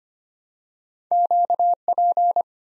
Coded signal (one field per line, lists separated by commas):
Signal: Morse code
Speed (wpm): 25 wpm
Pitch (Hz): 700 Hz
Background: none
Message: QP